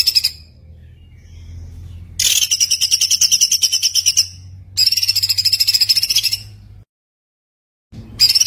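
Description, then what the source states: White-eye song: high, rapid, buzzy trills in bursts of about two seconds, separated by quiet pauses. Training recording of continuously singing (gacor) white-eye song with rapid bursts (tembakan).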